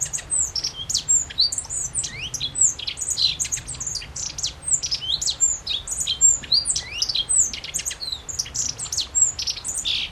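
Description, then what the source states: Godlewski's bunting song: a dense, unbroken run of high, sharp, thin notes and fast slurs throughout. Recorded on 14 June 2012.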